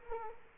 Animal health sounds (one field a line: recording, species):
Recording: mosquito wingbeat signal from an infrared sensor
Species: Culex quinquefasciatus